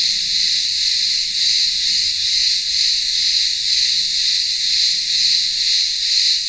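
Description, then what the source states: Cicadas buzzing steadily in a shrill, sustained chorus with soft rhythmic surges in volume. Cicadas in the town square of a remote village on Ikaria island, Greece, in the midday heat.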